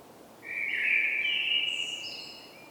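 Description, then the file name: Common blackbird giving a rich fluted warble that slides and wavers, followed by thin high squeaky notes at the end of the phrase. "Turdus merula"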